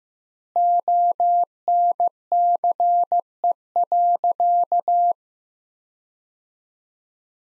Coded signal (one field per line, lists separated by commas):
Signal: Morse code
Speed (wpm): 15 wpm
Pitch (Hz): 700 Hz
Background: none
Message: ONCE.